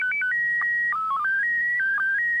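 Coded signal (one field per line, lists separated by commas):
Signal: SSTV (slow-scan television)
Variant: PD 180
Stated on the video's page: ISS slow scan TV transmission received in Raleigh, North Carolina, during the International Space Station SSTV event.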